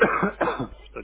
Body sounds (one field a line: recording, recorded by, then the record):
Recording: voluntary cough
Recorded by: telephone call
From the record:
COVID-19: positive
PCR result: self-reported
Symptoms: yes